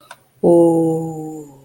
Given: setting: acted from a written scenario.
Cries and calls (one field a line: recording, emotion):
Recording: vocal sound without words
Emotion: contentment